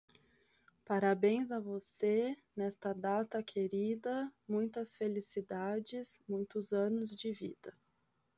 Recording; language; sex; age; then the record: short text; Brazilian Portuguese; female; 30 to 39 years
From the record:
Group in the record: control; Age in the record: 33 years